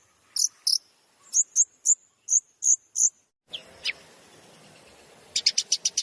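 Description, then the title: Long-tailed shrike song: evenly spaced high, sharp chips, then a faint hiss with two lower notes and a closing rapid burst of high chips. Used as masteran, training material played to other long-tailed shrikes, described as full of tembakan bursts. "MASTERAN CENDET FULL TEMBAKAN"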